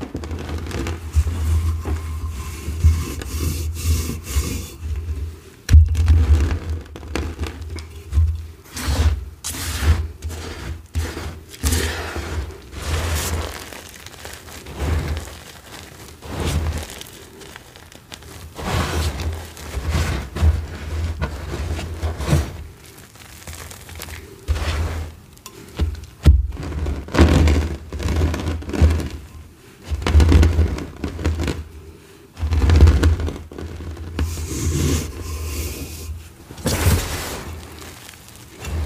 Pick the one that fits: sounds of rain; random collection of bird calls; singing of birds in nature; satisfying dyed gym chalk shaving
satisfying dyed gym chalk shaving